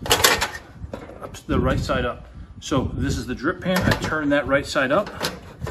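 The drip pan of a portable butane camp stove, stored upside down for space, is handled and turned right side up while someone talks, with a few short knocks and handling sounds near the start. Nothing has seated or clicked yet; the clip ends just before the pan pops into place in the stove.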